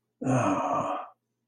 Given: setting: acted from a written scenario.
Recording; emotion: vocal sound without words; contentment